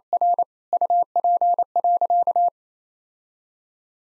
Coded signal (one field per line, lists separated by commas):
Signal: Morse code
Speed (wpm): 27 wpm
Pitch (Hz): 700 Hz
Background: none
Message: R UP.